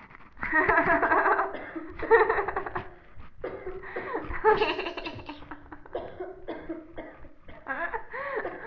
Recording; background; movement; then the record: laughter; a bystander coughing; sitting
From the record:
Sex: female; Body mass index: 18.3 kg/m2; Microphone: on the chest, facing the body